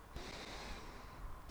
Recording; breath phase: one breath near a microphone; inhalation